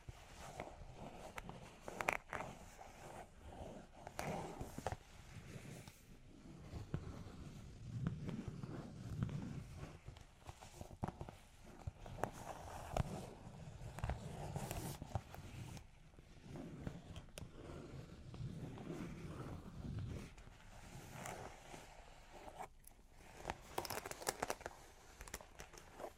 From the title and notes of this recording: Long Claws Tapping and Scratching (No Talking).